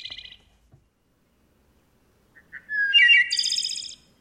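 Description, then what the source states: Wood thrush song phrase: a short tone at the start, then after a pause low introductory notes leading into a rising flute-like phrase ending in a high shimmering trill. Recorded in West Virginia.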